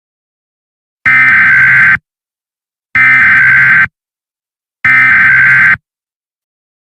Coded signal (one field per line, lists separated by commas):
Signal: Emergency Alert System (SAME) tones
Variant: header bursts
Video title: EAS Scenario: Black Hole(2 year anniversary!)